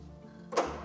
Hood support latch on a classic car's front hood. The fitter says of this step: just locks into place there